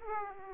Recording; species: mosquito wingbeat signal from an infrared sensor; Aedes aegypti